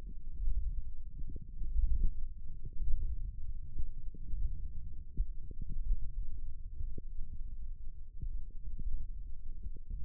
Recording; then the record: forearm muscle sounds (acoustic myography)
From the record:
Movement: thumb flexion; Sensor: system 1, eight BSWA MPA416 microphones around the upper forearm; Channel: 5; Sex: female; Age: 20 years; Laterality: right